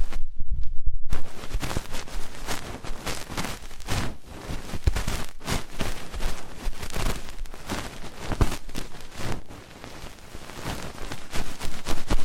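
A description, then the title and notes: ASMR ear treatment with a dense, crackling rustle that fills the whole range from deep to bright, like rapid scratching or rubbing. It starts with a second of low thumping, then the crackle runs steadily, swelling in short irregular bursts, with a few sharp clicks along the way. ASMR Deep Ear Treatment for Sleep (No Talking).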